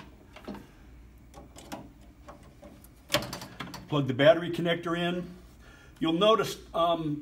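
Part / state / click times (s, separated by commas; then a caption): battery connector into printer board socket / seated / 3.1 s. A battery wire connector is pushed into its socket on the printer board of a Clary SP 1250LX during installation, with a few faint ticks beforehand. A sharp tick at 3.1 s marks the connector seating, followed by a few smaller ticks as someone talks.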